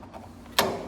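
A Yamamotto YA 50W surface-mount lock body is fitted onto the spindle of a door lock, with a few faint mechanical ticks at first. At 0.6 s it snaps into place with one sharp, loud click that rings briefly, and the lock body is seated on the spindle.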